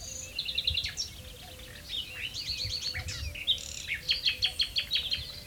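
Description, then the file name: Common nightingale song of quick chirped phrases, closing in a fast run of repeated sharp notes. "Luscinia megarhynchos"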